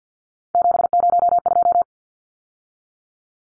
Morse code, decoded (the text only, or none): 702